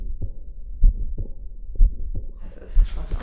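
Low, muffled heart sounds beat regularly at about 62 a minute, with soft low sound filling the gaps between beats, in a woman's heart heard through an electronic stethoscope. Near the end, rustling from the stethoscope is heard. This is a heart murmur, an extra sound from turbulent blood flow through the heart; heart surgery may become necessary at some point.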